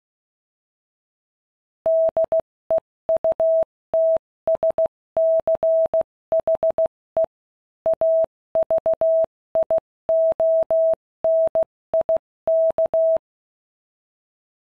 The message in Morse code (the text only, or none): DEUTSCHE AVIONIK